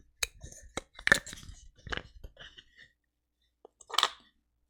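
A magnetic charger part is pushed into the back of a 3D-printed charger housing. A pair of sharp hits at 1.1 s and 1.1 s marks it seating in place, among other short clinks and handling noises around 0.2, 1.9 and 4.0 s. The part is confirmed seated.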